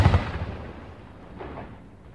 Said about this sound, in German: Er torkelte zur nächsten Kanone und feuerte einen Schuss aufs offene Meer hinaus.